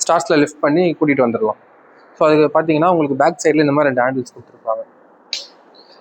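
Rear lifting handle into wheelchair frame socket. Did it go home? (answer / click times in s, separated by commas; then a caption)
yes / 5.3 s. Someone talks while a rear lifting handle is fitted into its socket on the aluminum frame of a stair-lift wheelchair. The handle locks in with one sharp click at 5.3 s, and fitting it this way makes it lock.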